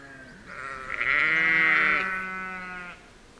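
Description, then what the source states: Sheep giving one long, loud, quavering bleat that swells and then fades over about two and a half seconds. Out at feed.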